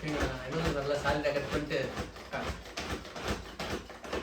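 Someone talks while handling the plastic lid on the bowl of a pull-cord vegetable chopper, and two sharp knocks sound at about 3.6 and 4.0 seconds. The lid has not locked or clicked into place yet.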